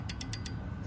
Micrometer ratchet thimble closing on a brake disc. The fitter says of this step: Donc quand on entend le clic, c'est que il est bien mis.